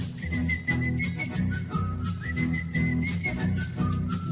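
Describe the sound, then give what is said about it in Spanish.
Someone whistles a short, bright tune to a clerk at a hardware store, a steady high melody stepping between a few notes, over busy rhythmic music playing underneath. No one speaks. “le silbó la cancioncita con toda seguridad.”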